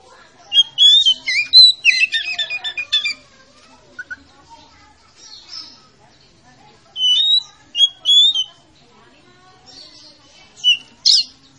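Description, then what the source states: Oriental magpie-robin song: a chattering run of whistles and buzzy notes at the start, followed by scattered whistled phrases with gaps. Lure to make a reluctant magpie-robin that is slow to sing start singing.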